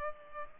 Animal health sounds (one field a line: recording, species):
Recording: mosquito wingbeat signal from an infrared sensor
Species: Culex pipiens